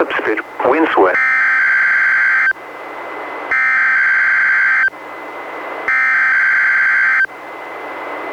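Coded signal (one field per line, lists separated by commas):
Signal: Emergency Alert System (SAME) tones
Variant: header bursts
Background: speech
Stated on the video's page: NWR Required Weekly Test relayed by a weather radio station, recorded from a Reecom R-1630 weather radio via a Zoom H1 recorder.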